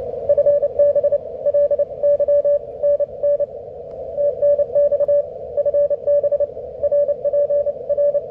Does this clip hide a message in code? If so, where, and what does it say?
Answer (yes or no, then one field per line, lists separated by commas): yes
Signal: Morse code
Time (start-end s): 0.3-8.2 s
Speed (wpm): 29 wpm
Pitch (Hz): 580 Hz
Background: none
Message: FB LY NN TNX FB RPR